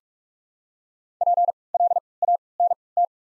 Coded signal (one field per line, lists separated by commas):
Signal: Morse code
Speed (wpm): 48 wpm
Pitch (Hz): 700 Hz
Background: none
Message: P L A N T